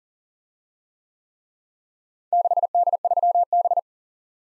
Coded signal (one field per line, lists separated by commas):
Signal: Morse code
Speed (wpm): 47 wpm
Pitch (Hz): 700 Hz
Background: none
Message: 6D3B